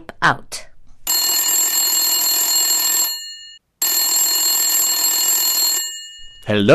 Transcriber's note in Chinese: 打电话给Larry。电话铃声